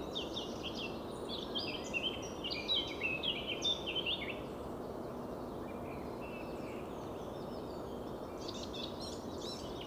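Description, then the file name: Eurasian blackcap song, one rapid phrase of chattering and whistled notes early on, followed by hiss and faint high notes. "Sylvia atricapilla"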